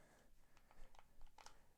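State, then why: Seated. An Archon Type B airsoft pistol magazine is flipped around and pushed backwards into the pistol's grip, making quiet sliding and tapping sounds. Two small clicks at 1.4 and 1.5 s mark it locking into place, though the reversed magazine loses use of the mag release.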